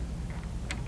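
A metal jaw of a four-jaw wood lathe chuck is handled after being popped out, before it is pushed back into the chuck body. A steady low rumble runs throughout, with a brief sharp tick at about 0.7 s. Nothing has seated or clicked into place yet.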